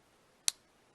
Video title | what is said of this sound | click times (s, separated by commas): Spyderco Manix 2 XL Black G 10 PlainEdge knife Review, Excellent quality and craftsmanship in a top | you heard it snap and it's on top of that flat place and between this | 0.5 s